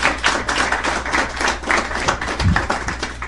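An audience applauds steadily for a guest at a talk presenting the comics publisher Camite, many hands clapping in a dense, crackling patter that holds at a fairly even loudness for a few seconds, with no voices over it.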